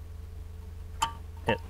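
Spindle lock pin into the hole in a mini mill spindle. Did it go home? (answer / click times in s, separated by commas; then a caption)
yes / 1.0 s. The spindle of a CNC mini mill is turned while the spindle lock lever's pin is held against it, over a steady low hum. At 1.0 s the pin snaps into the small hole in the spindle with a sharp click, and a second sharp knock follows at 1.5 s. The spindle is locked so the nut can be loosened with a spanner wrench.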